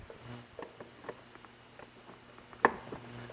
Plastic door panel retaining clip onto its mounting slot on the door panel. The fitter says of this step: when you put the new ones in you can line it up with that middle groove again pop